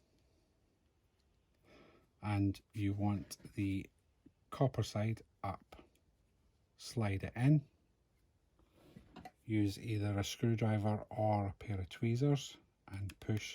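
A SIM card, copper side up, is slid into the card slot of a small plastic Medpage MMTB 02 location tracker while someone talks. Two small ticks at about 9.2 and 9.3 s come from the card sliding in the slot. The card has not been pushed home or clicked into place yet.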